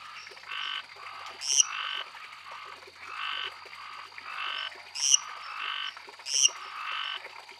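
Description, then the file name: Lesser treefrog calls as raspy pulsed bursts around half a second long, repeated with gaps, against a steady high whine and a few sharp high chirps. "Dendropsophus minutus"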